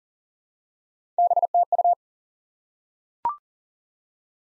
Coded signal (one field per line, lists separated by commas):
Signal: Morse code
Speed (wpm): 40 wpm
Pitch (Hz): 700 Hz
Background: none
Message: BTU